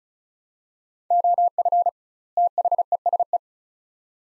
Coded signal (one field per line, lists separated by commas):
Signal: Morse code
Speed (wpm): 36 wpm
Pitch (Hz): 700 Hz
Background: none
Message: OF THESE